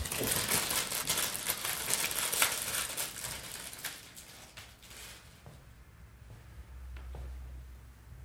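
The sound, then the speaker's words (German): Crinkly plastic packaging rustles and crackles densely for about five seconds as a ginger stick is pulled out, then settles into a few sparse crinkles over a low hum. “Das sind Ingwerstäbchen. Magst du eins? Ja, gern. Dann hole ich dir mal eins raus.”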